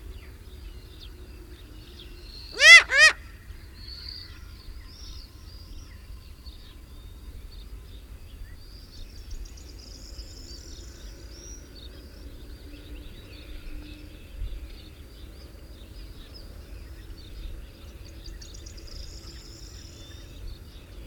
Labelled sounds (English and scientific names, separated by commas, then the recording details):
Eurasian Eagle-owl (Bubo bubo) call
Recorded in the wild
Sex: female
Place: Varna, BG
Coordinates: 43.427, 28.162
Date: 1974-06-04
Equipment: Nagra III BH, Sennheiser MD 21, parabola
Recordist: Schubert, Michael